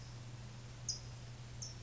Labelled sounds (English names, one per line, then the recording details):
California Towhee
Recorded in Sonoma County, California